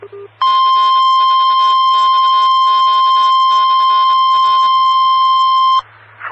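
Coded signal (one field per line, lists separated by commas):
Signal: Emergency Alert System (SAME) tones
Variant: 1050 Hz attention tone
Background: speech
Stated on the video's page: Fort Lauderdale area amateur repeaters during Hurricane Irma.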